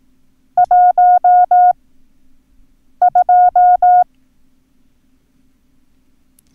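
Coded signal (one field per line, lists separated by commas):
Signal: Morse code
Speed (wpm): 18 wpm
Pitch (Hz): 720 Hz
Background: none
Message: 1 2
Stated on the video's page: Morse code lesson drill teaching the numbers 1 and 8, part of a sequential additive course.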